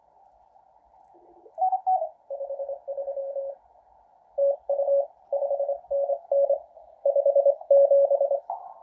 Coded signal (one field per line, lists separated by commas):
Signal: Morse code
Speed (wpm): 26 wpm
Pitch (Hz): 560 Hz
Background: none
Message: 53 TU 5NN 57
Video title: QCX transceiver kit from QRP-labs